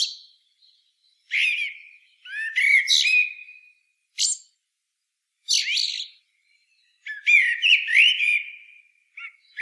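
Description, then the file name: Eurasian blackbird song: repeated phrases of fluty warbling that break into squeaky high twitters, with short pauses between phrases. "Turdus merula"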